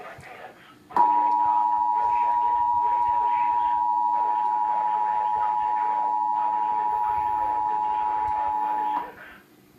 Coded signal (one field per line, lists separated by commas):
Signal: Emergency Alert System (SAME) tones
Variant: 853 and 960 Hz attention tone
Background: speech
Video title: Tv eas 3 child abduction emergency